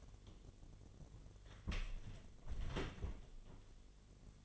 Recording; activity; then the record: daily activity, microphone in the room; close door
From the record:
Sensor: 4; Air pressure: 1007.9 hPa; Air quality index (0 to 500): 184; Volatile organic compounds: 6 ppm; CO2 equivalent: 1838 ppm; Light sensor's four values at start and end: 23/72/27/26 and 24/75/28/27